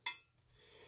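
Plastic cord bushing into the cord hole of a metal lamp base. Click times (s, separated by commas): 0.1 s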